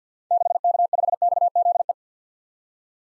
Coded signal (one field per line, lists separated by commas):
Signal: Morse code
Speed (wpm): 49 wpm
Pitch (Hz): 700 Hz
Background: none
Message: 6K5XZE